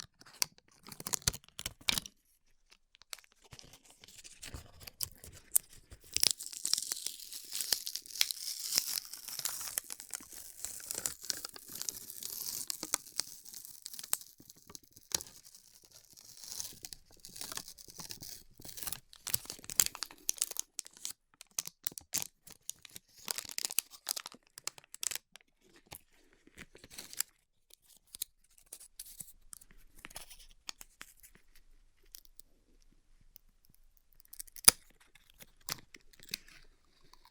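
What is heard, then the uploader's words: A band-aid is peeled and ripped away in quick crackly bursts, dense and bright from about six to fifteen seconds, then sparser crinkling and snaps. ASMR Ripping Off the Band Aid (No Talking).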